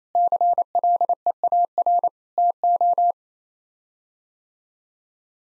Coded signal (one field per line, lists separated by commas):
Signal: Morse code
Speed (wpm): 28 wpm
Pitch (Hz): 700 Hz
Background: none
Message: CLEAR TO